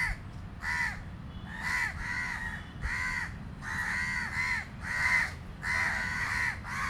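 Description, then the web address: Crow caws: many harsh, hoarse calls in a ragged series, over a steady low background rumble. Street in South India, 2018. "2018 South India street recordings birds. crows"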